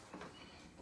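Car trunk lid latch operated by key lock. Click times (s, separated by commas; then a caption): 0.2 s. A key is fitted into the trunk lock of a 1999 Saab 9-5 SE and pushed to one side to release the trunk lid latch. The latch pops at 0.2 s with a short, sharp click over a steady low background, and the trunk lid is released.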